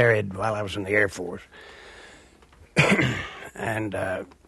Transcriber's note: soundbite of clearing throat